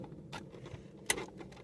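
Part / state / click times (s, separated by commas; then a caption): wiring harness connector into climate control panel socket / seated / 1.1 s. The second of two different-sized wiring harness connectors is pushed into the socket on the back of the temperature control panel of a 2003 Toyota Camry 4-cylinder during a lightbulb replacement. A sharp plastic click rings out at 1.1 s over faint low rustling and a few soft ticks. The connector is confirmed seated.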